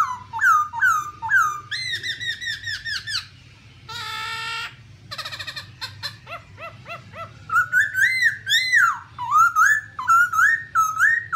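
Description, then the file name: Black-throated laughingthrush song: swooping whistles, a buzzy rasping burst, chattering notes, then a long series of loud rolling whistled phrases. "tieng khuou bac ma hot"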